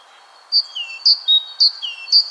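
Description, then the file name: Great tit uttering clear high notes, each followed by a lower slurred whistle, repeated a few times. "Parus major"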